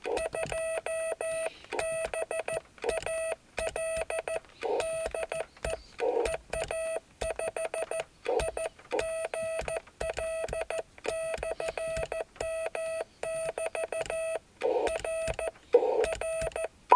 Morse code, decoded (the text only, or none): 2BAL DE EA5IGL/M<BT> R R